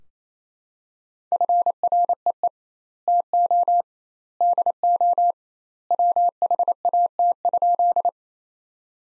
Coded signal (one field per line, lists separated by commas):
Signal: Morse code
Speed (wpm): 28 wpm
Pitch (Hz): 700 Hz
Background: none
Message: FREE TO DO WHAT?